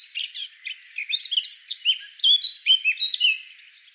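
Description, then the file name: Eurasian blackcap giving a lively run of rapid twitters ending in clearer, fluty whistled notes. "Sylvia atricapilla"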